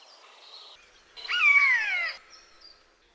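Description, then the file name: Eurasian jay call, a single harsh, drawn-out note lasting about a second, falling slightly, with faint thin bird notes before and after. "SOJKA"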